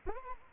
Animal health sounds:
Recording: mosquito wingbeat signal from an infrared sensor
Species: Anopheles arabiensis

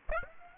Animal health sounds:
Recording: mosquito wingbeat signal from an infrared sensor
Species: Aedes aegypti

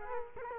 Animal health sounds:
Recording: mosquito wingbeat signal from an infrared sensor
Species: Culex quinquefasciatus

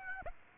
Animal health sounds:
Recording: mosquito wingbeat signal from an infrared sensor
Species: Aedes aegypti

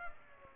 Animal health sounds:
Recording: mosquito wingbeat signal from an infrared sensor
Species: Culex pipiens

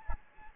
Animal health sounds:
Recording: mosquito wingbeat signal from an infrared sensor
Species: Anopheles gambiae

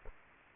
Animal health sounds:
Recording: mosquito wingbeat signal from an infrared sensor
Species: Culex quinquefasciatus

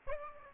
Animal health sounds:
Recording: mosquito wingbeat signal from an infrared sensor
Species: Aedes aegypti

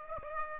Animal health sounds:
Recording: mosquito wingbeat signal from an infrared sensor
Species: Aedes aegypti

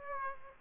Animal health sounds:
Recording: mosquito wingbeat signal from an infrared sensor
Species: Aedes aegypti

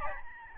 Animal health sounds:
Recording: mosquito wingbeat signal from an infrared sensor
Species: Aedes albopictus

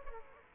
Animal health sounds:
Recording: mosquito wingbeat signal from an infrared sensor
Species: Aedes aegypti

